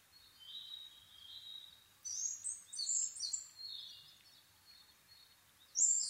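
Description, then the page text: Asian brown flycatcher song of soft high warbles building into a busier twittering phrase, ending in a sudden loud squeaky note. Nikko, Japan, 26 April 2011 at 4:39, altitude 730 m; recorded with a Sony PCM-D50 and Panasonic WM-61A microphone. "kosamebitaki 20110426-0439. Muscicapa dauurica [Sounds -Nikko Today-]. 4/ 26 2011, 4:39 alt=730m"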